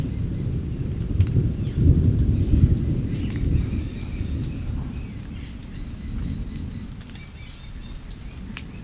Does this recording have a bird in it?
yes